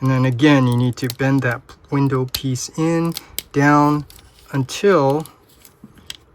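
Someone talks while bending the plastic window panel on the second leg of a FansToys FT-31B Spoiler (Stunticon Magnum) transforming toy, converting it from robot to vehicle mode, and pushing it down into the leg/car body. After the talking stops, a few faint ticks are followed by a sharp click at 6.1 s as the window panel snaps into place.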